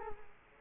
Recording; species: mosquito wingbeat signal from an infrared sensor; Culex quinquefasciatus